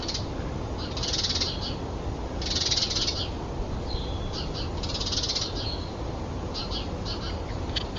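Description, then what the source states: Common nightingale song: dense buzzy rattling phrases high in pitch, repeated in several bursts, with brief whistled notes between, over a steady low rumble. Several nightingales recorded while fighting.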